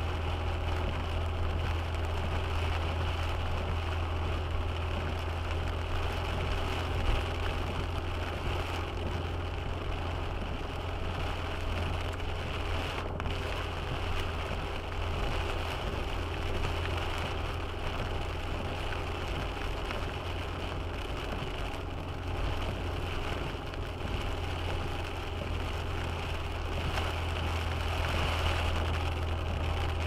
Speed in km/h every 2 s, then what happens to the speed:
49, 50, 50, 51, 52, 52, 51, 51, 51, 51, 52, 52, 50, 50, 49.
0-30 steady at about 51.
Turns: none.